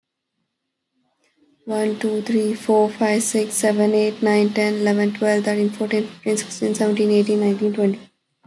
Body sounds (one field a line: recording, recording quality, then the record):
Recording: counting at a fast pace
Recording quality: excellent, no background noise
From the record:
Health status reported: exposed to COVID-19, no respiratory illness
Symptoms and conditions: cold, muscle pain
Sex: female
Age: 21 years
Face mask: not worn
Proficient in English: yes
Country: India